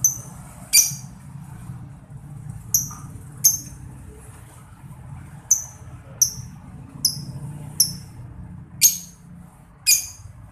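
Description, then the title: Lovebird with high, clipped chirps, often in pairs, repeated irregularly over a soft low background hum. Masteran training recording played to labet lovebirds so they quickly develop ngekek panjang, a long ngekek song. "Kicau Lovebird SUPER GILA !!! Terapi Masteran LABET Terbaik Agar Labet Cepet NGEKEK PANJANG"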